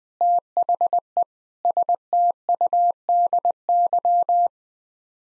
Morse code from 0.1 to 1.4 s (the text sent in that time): THE